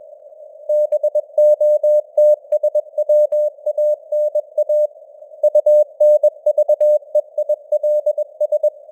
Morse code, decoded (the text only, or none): BOTSWANA UNVEILS